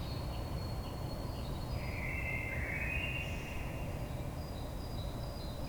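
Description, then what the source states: Common blackbird song: one fluted, warbling phrase in the middle, over steady low rumbling noise, with thin high whistles. Recorded on 22 May 2022.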